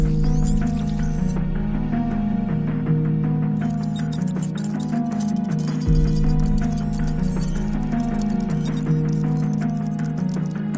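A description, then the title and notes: Hacker room ambience: a steady, dense hum of layered low tones holds throughout, with a wavering pitch pattern that shifts in a slow, regular cycle. Faint clicks and ticking flecks run across the top, growing busier after about four seconds, with a brief dip near six seconds. Hacker room ambience | cyber crime | computer hacking | Mysterious suspense vibes.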